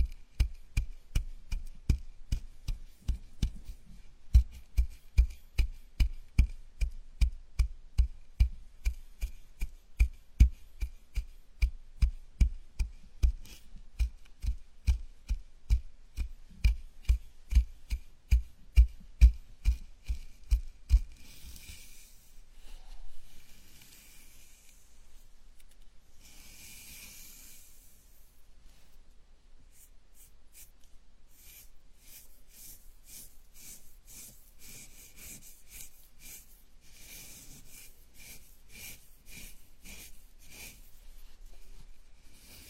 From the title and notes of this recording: Enjoy the ultimate scalp massage, gentle and comfortable.